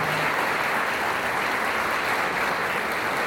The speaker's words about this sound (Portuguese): E eu peço um aplauso carinhoso aos nossos convidados.